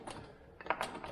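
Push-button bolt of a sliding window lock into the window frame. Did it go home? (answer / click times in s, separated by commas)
yes / 0.7 s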